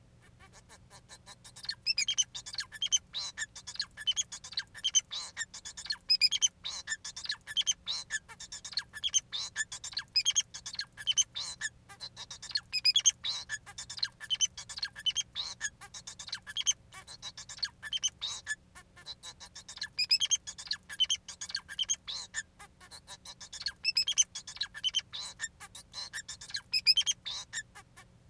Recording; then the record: song of a male Bengalese finch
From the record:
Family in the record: son of father 4